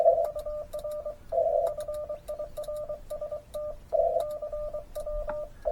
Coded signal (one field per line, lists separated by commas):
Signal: Morse code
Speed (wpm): 23 wpm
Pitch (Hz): 1200 Hz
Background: radio noise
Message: UR FIRST CW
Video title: POTA & CWT at Lake Colorado City: Overnight Adventure